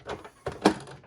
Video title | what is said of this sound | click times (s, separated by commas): Epson l132 епсон л132 заміна пружини захвату. Не тягне товстий папір | Ви почуєте це, що воно стало на місце. | 0.5 s, 0.7 s